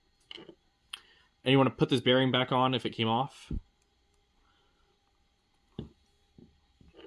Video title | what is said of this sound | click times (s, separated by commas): SWYFT Spike FTC Planetary Gearmotors Explainer and Assembly | give it a little bit of twist, and then eventually it will click in. | 0.3 s, 0.9 s